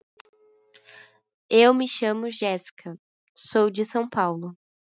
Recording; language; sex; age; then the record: short text; Brazilian Portuguese; female; 18 to 19 years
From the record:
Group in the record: control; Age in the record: 19 years